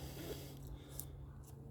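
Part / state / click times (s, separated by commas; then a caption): wiring harness connector into fuel pump hat adaptor / not seated / none. A plastic wiring harness connector is pushed onto the adaptor on a GT500 fuel pump hat, a plug-and-play adaptor for 2005–2010 GT, and because its older, softer plastic does not latch onto the more rigid adaptor, it fails to click in. Over a steady low hum, only faint brief ticks come through, near 0.7 s and 1.0 s. The connector has not seated or clicked yet.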